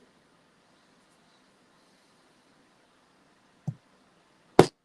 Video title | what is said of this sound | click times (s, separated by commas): Live GUNPLA Build | snap click hear that | 4.6 s